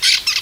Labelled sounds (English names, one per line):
Brown-throated Parakeet contact call